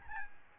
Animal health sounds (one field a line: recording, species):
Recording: mosquito wingbeat signal from an infrared sensor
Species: Aedes albopictus